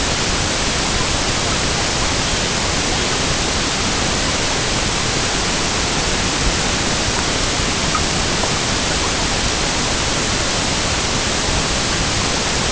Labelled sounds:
none
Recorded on Arctic tundra, site EABA-MC, on 22 June 2019
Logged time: 16:00

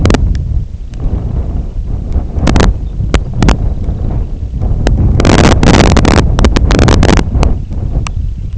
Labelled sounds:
Semipalmated Sandpiper (Calidris pusilla), unidentified sound
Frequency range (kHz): Semipalmated Sandpiper (Calidris pusilla) 2.4-4.5 kHz
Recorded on Arctic tundra, site IGLO-D, on 23 June 2018
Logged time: 20:00

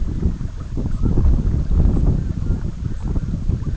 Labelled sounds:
Red-throated Loon (Gavia stellata)
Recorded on Arctic tundra, site EABA-MC, on 19 June 2019
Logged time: 02:00

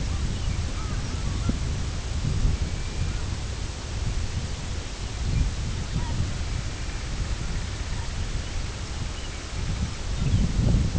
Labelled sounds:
Long-tailed Duck (Clangula hyemalis), unidentified sound
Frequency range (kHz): Long-tailed Duck (Clangula hyemalis) 0.3-1.7 kHz
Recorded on Arctic tundra, site IGLO-B, on 24 June 2018
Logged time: 17:59

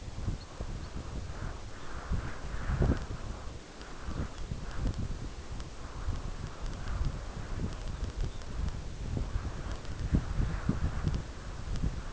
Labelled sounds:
Red Phalarope (Phalaropus fulicarius), unidentified sound
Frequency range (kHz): Red Phalarope (Phalaropus fulicarius) 2.6-4.9 kHz
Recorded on Arctic tundra, site UTQI-5, on 14 June 2019
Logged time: 04:00

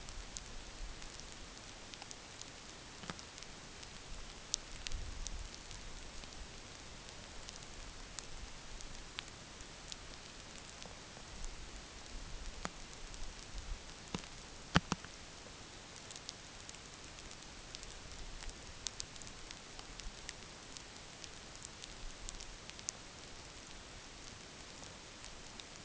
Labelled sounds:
none
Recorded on Arctic tundra, site NAIT-1, on 27 June 2019
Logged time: 20:00

